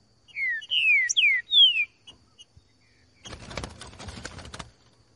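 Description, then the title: Green-winged Saltator song of four loud, clear whistles, each falling in pitch, delivered rapidly, then a long stretch of crackling, scratchy noise. Singing in the bush; recording labelled 'voz 10', used to warm up a trinca-ferro and make it sing. "Canto De Trinca Ferro Voz 10. TRINCA FERRO CANTANDO NO MATO. ESQUENTAR TRINCA FERRO"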